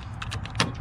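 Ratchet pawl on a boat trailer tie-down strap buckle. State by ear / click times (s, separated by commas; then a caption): seated / 0.6 s. A stainless steel ratchet buckle on a boat trailer tie-down strap is pulled tight, with faint ticks and rattles before its ratchet pawl snaps into place with a sharp click at 0.6 s. The strap is seated tight, and a second notch is hard to get unless the strap is pulled very tight.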